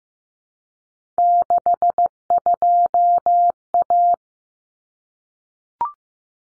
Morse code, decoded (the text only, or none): 62A